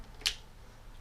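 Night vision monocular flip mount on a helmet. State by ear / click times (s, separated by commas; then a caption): seated / 0.3 s. A night vision device on a helmet flip mount is brought down into the viewing position and snaps into place with one sharp click at 0.3 s. The rest of the clip is quiet background.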